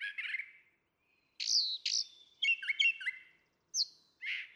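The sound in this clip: Brown Thrasher song: separate phrases of burry notes, loud slurred chips and paired notes, a high whistle, with gaps of silence between.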